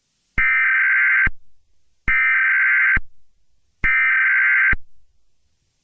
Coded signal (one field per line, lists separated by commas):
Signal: Emergency Alert System (SAME) tones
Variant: header bursts